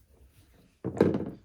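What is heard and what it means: A plastic cord wrap is turned on the body of a Ridgid WD3050 3.5 HP, 3-gallon wet/dry vacuum and lined up on its small notches. After a quiet stretch, a burst of handling noise starts at about 0.8 s, and the wrap locks into place with a single thunk-like hit at 1.0 s. The locked cord wrap is seated on the vacuum housing.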